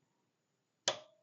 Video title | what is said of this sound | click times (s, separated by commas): How to Clean and Oil the Brother 1055X and PR670e | so there's a click and close that in here okay now | 0.9 s